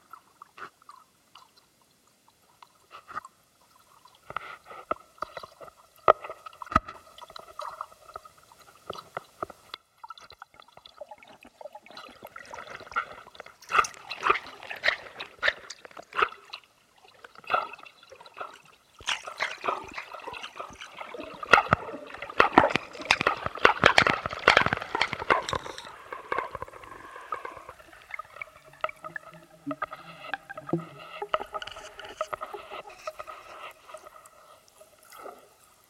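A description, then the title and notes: Underwater hydrophone sounds: irregular clicks, bubbling and gurgling trickles, sparse early, then thickening into a busy bubbling stretch around 20–26 seconds before thinning. L'Hydrophone de Guillaume. Hydrophone (microphone sous-marin).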